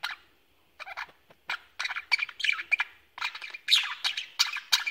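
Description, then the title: Budgerigar chatter: bursts of scratchy, warbling chirps and squawks in clusters with short pauses, growing busier toward the end. "Budgie Sounds"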